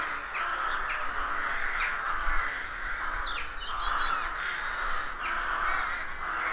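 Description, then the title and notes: Many rooks caw together in a steady harsh din, with occasional high twittering from other birds and a low rumble beneath. Rook colony of more than 300 birds nesting in a dozen roadside trees, deeply rural County Armagh, early spring; pairs greeting, squabbling with neighbours as first chicks hatch. "Sound Escape 113: Enjoy the stirring cacophony of a rook colony. We wandering in deeply rural County Armagh. It's early spring and the rooks rule the woodlands. BBC Countryfile Magazine's Sound Escapes"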